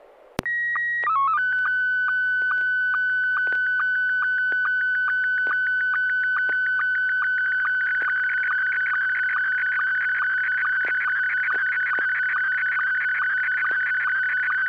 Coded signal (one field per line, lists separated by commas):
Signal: SSTV (slow-scan television)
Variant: Scottie 1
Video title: N6NA SSTV Net - 07/24/2024